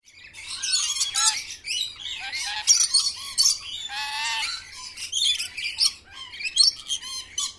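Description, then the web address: Parrots squawk harshly, with grating, raspy screeches and short nasal calls mixed together, one long rasping squawk standing out midway. Parrots kept in cages at a zoo. "sound from a zoo where parrots are kept in cages"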